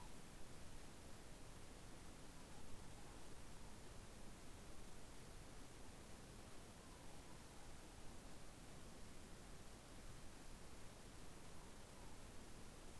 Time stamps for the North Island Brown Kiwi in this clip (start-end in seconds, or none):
none